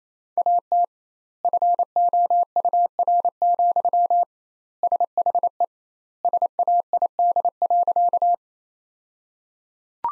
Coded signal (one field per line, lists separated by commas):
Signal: Morse code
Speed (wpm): 28 wpm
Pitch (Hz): 700 Hz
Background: none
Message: AT FOUR, SHE SAID.